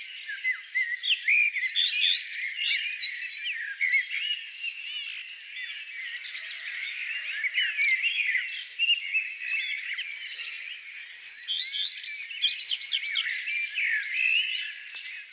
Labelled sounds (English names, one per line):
Common Redstart song